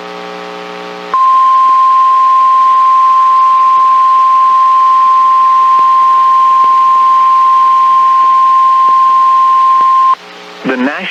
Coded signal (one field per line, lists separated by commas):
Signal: Emergency Alert System (SAME) tones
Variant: 1050 Hz attention tone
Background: speech